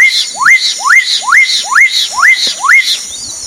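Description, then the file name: Black-capped donacobius giving a steady string of seven rising whistles, with a shrill insect hum throughout. Recorded at Sertão, Mongaguá, São Paulo, Brazil, on 27 December 2016. "Donacobius-atricapilla-Sertao Mongagua-SP-27-12-16-ASilveira"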